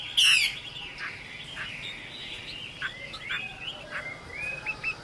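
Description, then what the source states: Chinese hwamei giving a loud opening note, then soft scattered whistled slurs over steady background hiss. Female bird singing.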